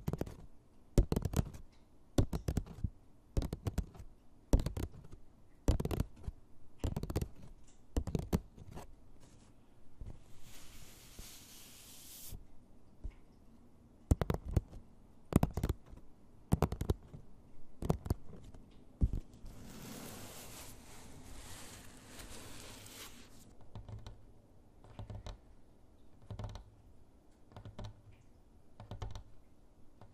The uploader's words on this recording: ASMR tapping on different objects at varied speeds. Soft and hard tapping with nails and finger pads.